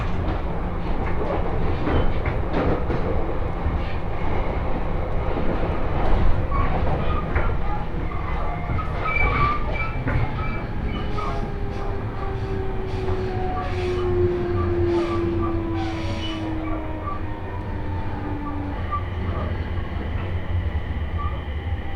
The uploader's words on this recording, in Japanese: 鉄道旅 東北本線 福島→北白川。列車はこの途中で福島県から宮城県へと入っていきます。